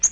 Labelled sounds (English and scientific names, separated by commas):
Yellow-rumped Warbler (Setophaga coronata) flight call